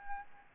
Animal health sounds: mosquito wingbeat signal from an infrared sensor; Aedes albopictus

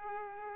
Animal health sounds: mosquito wingbeat signal from an infrared sensor; Culex pipiens

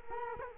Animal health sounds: mosquito wingbeat signal from an infrared sensor; Culex quinquefasciatus

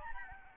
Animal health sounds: mosquito wingbeat signal from an infrared sensor; Aedes albopictus

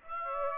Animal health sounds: mosquito wingbeat signal from an infrared sensor; Aedes aegypti

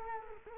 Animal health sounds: mosquito wingbeat signal from an infrared sensor; Culex quinquefasciatus

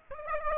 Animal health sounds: mosquito wingbeat signal from an infrared sensor; Aedes aegypti

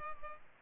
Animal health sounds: mosquito wingbeat signal from an infrared sensor; Culex pipiens

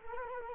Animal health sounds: mosquito wingbeat signal from an infrared sensor; Culex quinquefasciatus

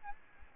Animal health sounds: mosquito wingbeat signal from an infrared sensor; Aedes albopictus

